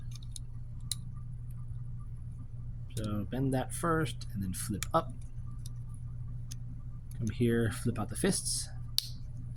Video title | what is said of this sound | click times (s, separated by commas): Transformers United Cliffjumpers demise ( cliffjumper, trantuls, Cancer, and Tran) | So they snap into place. | 9.0 s